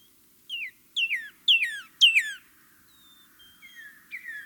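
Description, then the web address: Northern cardinal song: a few loud slurred whistles falling in pitch, spaced about half a second apart, then softer, longer whistles. "Songs of Birds of North America Know Your Bird Sounds Common Western Species. Northern Cardinal"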